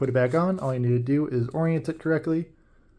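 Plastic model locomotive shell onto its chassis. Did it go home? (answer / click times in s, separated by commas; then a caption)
no / none. A man talks while handling the plastic HO scale body shell of an Athearn Genesis 2.0 SD70ACe Montana Rail Link model locomotive, orienting it to press it back onto its chassis. Speech fills the clip until about 2.5 s, followed by near silence. Nothing has seated or clicked yet.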